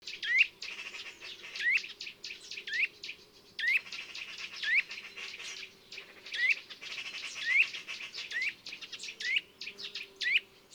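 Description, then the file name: Eurasian nuthatch giving repeated sharp upslurred whistles, roughly every second, against a constant dense chattering background. "Sitta europaea"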